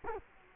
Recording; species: mosquito wingbeat signal from an infrared sensor; Culex quinquefasciatus